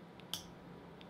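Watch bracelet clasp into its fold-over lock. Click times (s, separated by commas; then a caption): 0.3 s. The metal deployant clasp on a Christopher Ward Trident Pro 600 dive watch bracelet is closed into its fold-over lock. It snaps shut with one sharp, bright click at 0.3 s, with fainter ticks before and after. The clasp seats firmly and clicks in very well.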